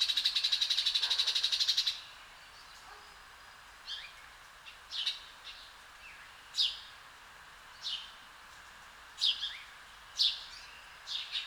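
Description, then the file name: House sparrow opens with a rapid rattle of chirps for two seconds, then single chirps every second or so. "Passer domesticus"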